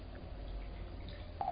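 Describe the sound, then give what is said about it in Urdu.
Water is poured into a glass for a thirsty speaker during a religious talk, making a soft, steady trickling splash for over a second, with a brief brighter slosh just before it stops. No one speaks. “چائے وائے تو میں نے منع کیا تھا، پانی ہے کیا؟ پانی دینا ہے.”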